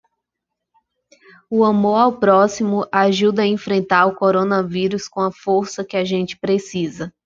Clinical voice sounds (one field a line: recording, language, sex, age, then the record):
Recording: spoken sentence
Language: Brazilian Portuguese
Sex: female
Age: 20 to 29 years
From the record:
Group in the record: control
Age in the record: 26 years